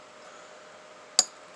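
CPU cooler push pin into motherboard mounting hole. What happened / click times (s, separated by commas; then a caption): The plastic push pin snapped into its hole / 1.2 s. A plastic push pin on a stock CPU cooler for an i5-12400F is pressed down through a mounting hole in an Asus H610M-E D4 motherboard. After a low, steady background hum, one sharp, bright snap with a brief high ringing sounds at 1.2 s and fades quickly. The pin locks into the board and is seated.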